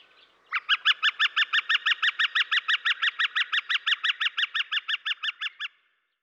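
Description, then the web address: Gilded Flicker giving a long, even series of many loud, sharp notes for about five seconds, then stopping abruptly; background otherwise quiet. Western North America. "Dan Gibson Wildlife Identification By Sound, Western North America. Gilded Flicker"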